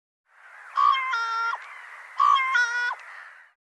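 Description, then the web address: Bird giving two loud, nasal, harmonic-rich calls, each with a short lead-in then a sustained tone, about 1.4 seconds apart; otherwise quiet background. "Deverinetal Bird Co Co Co Co"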